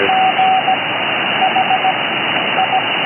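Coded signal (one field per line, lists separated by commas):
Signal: Morse code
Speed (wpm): 16 wpm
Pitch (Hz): 760 Hz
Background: radio noise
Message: G H I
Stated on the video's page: Heard on CB radio.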